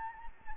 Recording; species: mosquito wingbeat signal from an infrared sensor; Anopheles gambiae